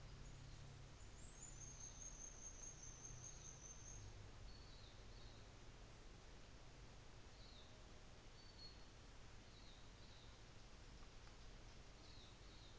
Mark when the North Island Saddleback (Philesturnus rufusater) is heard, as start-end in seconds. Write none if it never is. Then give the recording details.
none. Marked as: faintness 1/5. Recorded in New Zealand on 24 December 2018. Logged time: 15:05